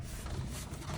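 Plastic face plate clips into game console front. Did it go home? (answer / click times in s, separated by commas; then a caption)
no / none. A plastic face plate is handled against the front of an Xbox 360 Slim console, about to be pushed on so the clips along the top engage. Only a steady low rumble and soft handling noise are heard. Nothing has seated or clicked yet.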